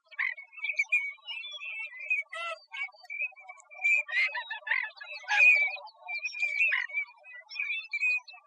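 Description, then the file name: Green-winged teals giving short, high whistled peeps, many birds calling at once in a busy, overlapping chorus with some harsher notes mixed in. Recorded in Arizona. "AGWT deviche"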